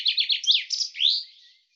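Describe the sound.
Common chaffinch song ending: a few descending chirps running into a fast, sweeping flourish, then quiet.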